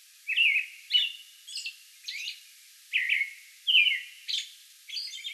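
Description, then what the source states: American robin song: a run of short, clear caroling phrases alternating with higher thin squeaky notes, roughly one phrase every half second. Song bout recorded May 11.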